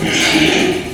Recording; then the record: squeal of a Yucatan mini pig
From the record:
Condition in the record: before surgery on the right vocal fold (resection and tissue-engineered implant); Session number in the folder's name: 3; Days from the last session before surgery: 0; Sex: female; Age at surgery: 19 weeks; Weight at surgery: 25 kg